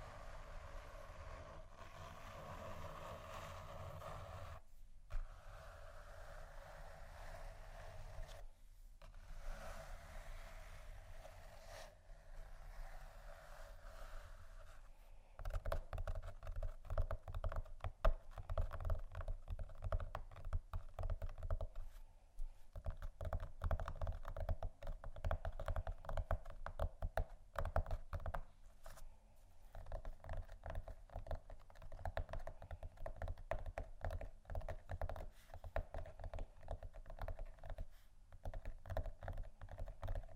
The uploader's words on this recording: ASMR Scratchingtapping On Textures（No Talking）.